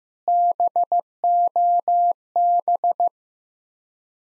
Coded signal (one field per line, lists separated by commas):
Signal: Morse code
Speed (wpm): 15 wpm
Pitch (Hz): 700 Hz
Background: none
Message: BOB